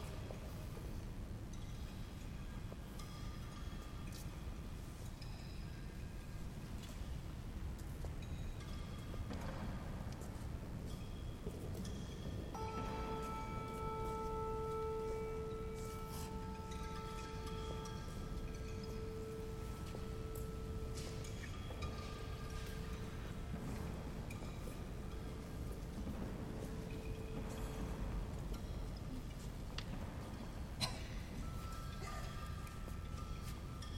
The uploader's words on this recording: Grace Cathedral Labyrinth Walk. People walking the labyrinth at Grace Cathedral, California St.